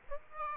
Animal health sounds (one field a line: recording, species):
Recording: mosquito wingbeat signal from an infrared sensor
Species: Aedes aegypti